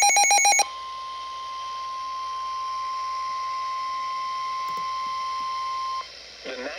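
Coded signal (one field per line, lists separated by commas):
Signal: Emergency Alert System (SAME) tones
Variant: 1050 Hz attention tone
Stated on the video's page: Severe Thunderstorm Warning from the National Weather Service La Crosse for Clark and Jackson counties, Wisconsin.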